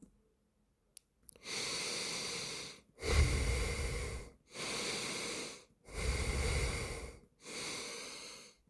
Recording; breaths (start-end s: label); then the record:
nose breathing near a microphone
1.12-2.67 s: inhalation
2.67-4.22 s: exhalation
4.22-5.57 s: inhalation
5.57-7.12 s: exhalation
7.12-8.57 s: inhalation
From the record:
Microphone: phone